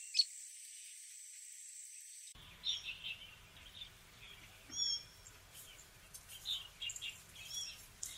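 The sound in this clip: Bird song: scattered bright chirped notes in short bursts, several clear calls after a quiet start, with a thin high hum and soft background noise.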